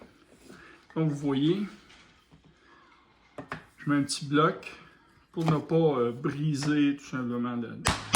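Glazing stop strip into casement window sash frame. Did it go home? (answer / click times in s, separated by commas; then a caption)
no / none. A plastic glazing stop strip is handled at a casement window sash to hold a new sealed glass unit, with a small block placed to keep it from breaking, while someone talks. Brief knocks of handling are heard around 3.4 and 3.5 seconds, and a sharper sound comes at the very end. Nothing has seated or clicked yet when the clip ends.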